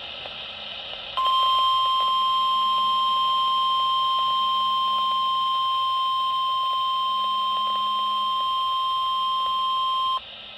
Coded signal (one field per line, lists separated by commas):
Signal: Emergency Alert System (SAME) tones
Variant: 1050 Hz attention tone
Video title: Double Header Severe Thunderstorm and Marine Warning on KWO35 (7/15/24) (EAS 12284-12285)